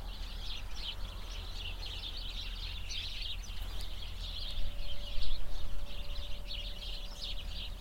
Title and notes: hupperdange, sparrows and cows. Hupperdange - Bird Bush. The sounds of a bush full of sparrows nearby a cow pasture on a windy summer morning. Project - Klangraum Our